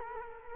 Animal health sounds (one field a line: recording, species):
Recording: mosquito wingbeat signal from an infrared sensor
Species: Culex quinquefasciatus